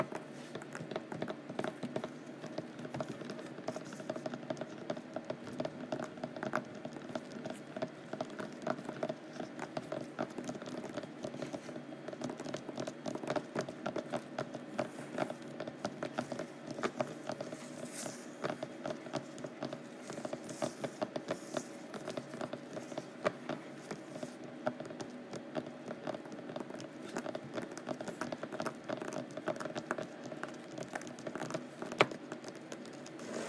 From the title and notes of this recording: ASMR Rough Canvass: Scratching and Tapping.